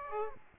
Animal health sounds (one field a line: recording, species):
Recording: mosquito wingbeat signal from an infrared sensor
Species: Aedes aegypti